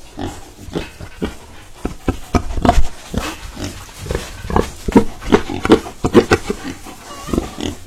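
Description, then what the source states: Domestic pig grunting, many short deep grunts. A large pig recorded on a large, systematic family-built pig farm during a visit.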